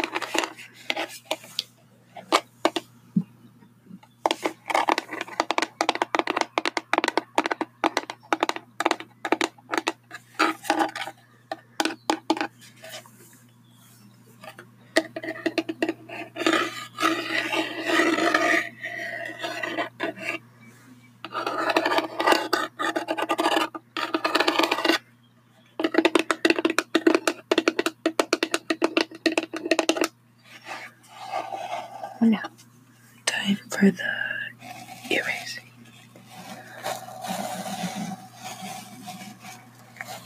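Tapping and brushing, with quick taps and scratchy, rasping strokes following one another densely, broken by brief silences around 4, 15, 21, 25 and 30 seconds. A steady low hum runs underneath throughout.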